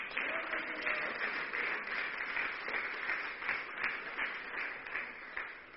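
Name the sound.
audience clapping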